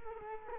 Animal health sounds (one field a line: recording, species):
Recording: mosquito wingbeat signal from an infrared sensor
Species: Culex quinquefasciatus